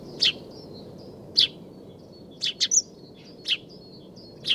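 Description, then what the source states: House sparrow giving emphatic chirps, singles and a quick triple, spaced about a second apart against a low continuous rumble. Two house sparrows singing and displaying while perched on nest boxes under the eaves of a small farmyard, recorded in winter in Sweden.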